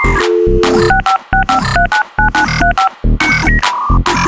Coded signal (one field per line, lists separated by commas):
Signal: DTMF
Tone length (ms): 120 ms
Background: music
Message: 6565399935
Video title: Isaac Miell - Dial up modem remix